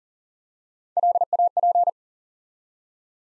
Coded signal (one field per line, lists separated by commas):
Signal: Morse code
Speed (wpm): 39 wpm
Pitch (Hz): 700 Hz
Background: none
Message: LAP